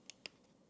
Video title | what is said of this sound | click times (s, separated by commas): 最適合新手的錄影相機？輕鬆拍出超美色調～Canon R50V 詳細完整實測！值不值得買？ | つまり、カチッと留まります。この音を聞いてみてください。 | 0.1 s, 0.3 s